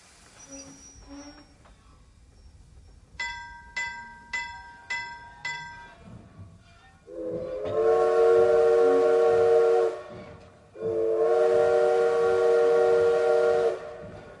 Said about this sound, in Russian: Резкий звон вокзального колокола и печальный паровозный гудок известили о приближении поезда, заставив всех вскочить с мест.